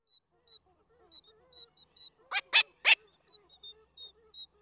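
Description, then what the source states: Black-legged Kittiwake begging and coughing calls: a run of thin high notes, broken by three loud harsh coughs in quick succession midway. Female soliciting before copulation with long sequences of high-pitched food-begging calls; male gives loud coughing calls while shaking his head.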